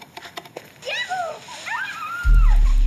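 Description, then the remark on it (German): Water splashes and sloshes in short bursts as someone wades into the water at a beach where adults and children are playing, while children's high voices call out over it, ending in a heavy low rumble. “Ich bin ins Wasser gewartet.”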